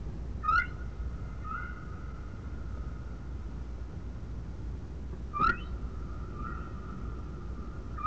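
Whale calls: two sharp rising chirps about five seconds apart, each followed by a long, flat, steady tone, all over a continuous low rumble.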